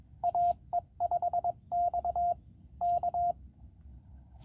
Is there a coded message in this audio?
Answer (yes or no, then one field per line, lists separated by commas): yes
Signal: Morse code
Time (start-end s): 0.2-3.3 s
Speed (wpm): 22 wpm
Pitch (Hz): 700 Hz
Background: none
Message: AE5X K